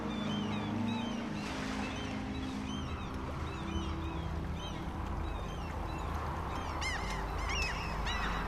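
Seabirds call over the open sea among icebergs and drifting ice floes, a steady stream of overlapping high squawks and chirps above a constant rumble of water and a low engine-like drone.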